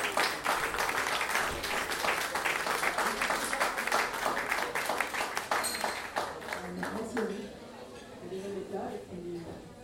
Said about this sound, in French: Donc, on applaudit à nouveau